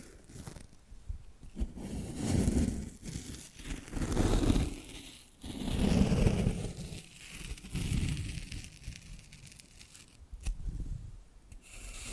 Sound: Hypnotic Tapping and Scratching Sounds